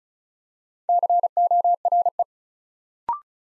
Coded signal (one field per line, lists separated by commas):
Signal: Morse code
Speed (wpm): 36 wpm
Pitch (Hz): 700 Hz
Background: none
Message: CORE